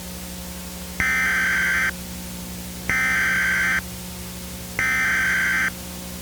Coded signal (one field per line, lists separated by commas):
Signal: Emergency Alert System (SAME) tones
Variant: header bursts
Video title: EAS Scenario - Red Giant Sun